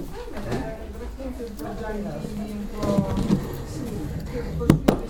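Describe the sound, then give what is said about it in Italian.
A chair scrapes and shifts as someone takes a chair to sit down and write, followed by a couple of sharp wooden knocks as they settle onto it, while voices murmur steadily in the background. “Allora, vedi che prendo una sedia per sedermi, perché se no scrivo male.”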